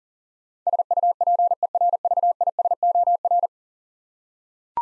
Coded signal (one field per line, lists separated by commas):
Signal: Morse code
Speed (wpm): 40 wpm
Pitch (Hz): 700 Hz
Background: none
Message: SUPERVISOR